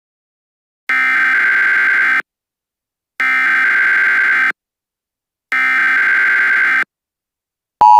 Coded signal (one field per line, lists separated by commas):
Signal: Emergency Alert System (SAME) tones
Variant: header bursts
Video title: Over Heated: An EAS Scenario